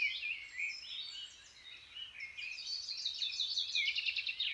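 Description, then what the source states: Birds twittering and trilling together in a continuous chorus of fast, overlapping notes. Birds waking up.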